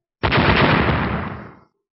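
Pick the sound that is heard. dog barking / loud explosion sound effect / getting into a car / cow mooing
loud explosion sound effect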